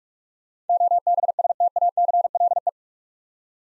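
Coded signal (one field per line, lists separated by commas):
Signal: Morse code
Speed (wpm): 44 wpm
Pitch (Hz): 700 Hz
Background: none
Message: OBSTACLE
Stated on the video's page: Morse practice of 8-letter words at 45 wpm, each sent twice.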